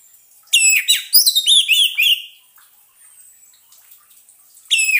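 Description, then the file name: Orange-headed thrush song, a quick run of rich, high whistled notes and slurred trills, then a quiet pause before another phrase begins. Therapy recording intended for an orange-headed thrush that has stopped singing. "terapi suara anis merah macet bunyi"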